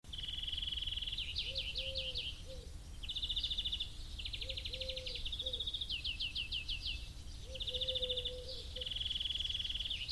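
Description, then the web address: Turtle dove purring coos, low rolling notes in short runs of two or three, beneath steady high buzzy trills and chirps from other birds. Turtle doves with other birds. "birds and turtledoves loop"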